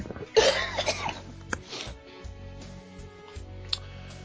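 A short harsh cough burst from an adult man, followed by faint clicks and quiet room noise.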